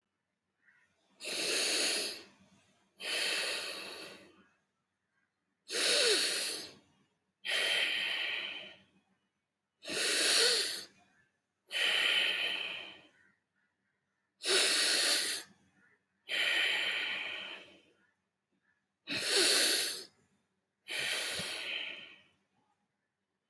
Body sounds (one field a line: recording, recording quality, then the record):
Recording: deep breathing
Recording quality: excellent, no background noise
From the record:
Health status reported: healthy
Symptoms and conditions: none ticked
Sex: male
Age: 36 years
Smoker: not ticked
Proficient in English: yes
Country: India